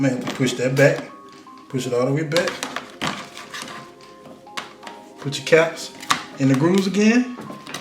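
A plastic hub cap is handled at a rear wheel of a Mercedes G63 AMG ride-on toy car as it is worked toward its grooves, while someone talks over background music and brief handling knocks sound. Nothing has seated or clicked yet.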